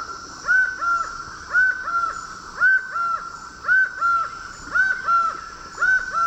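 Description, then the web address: Laughing falcon calling in paired, harmonic-rich hoarse notes, each pair repeated about once a second in a steady rhythm; a constant background hum persists throughout. Ecuador. "S America Birds of Ecuador. Laughing Falcon"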